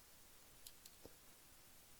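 While working on a stiff focus ring, someone turns the front lens optic assembly of a vintage Canon FL 35mm 1:2.5 lens into place on its helicoid body. Two short, bright clicks sound at 0.7 s and 0.9 s, followed by a soft low thump around 1.1 s. The assembly is seated correctly.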